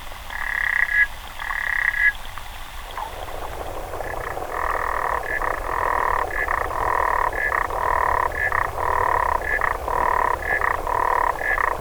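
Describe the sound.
Xenopus frog calls: two buzzy trills, a pause, then a long run of rapid clicking bursts with short gaps, over low background rumble.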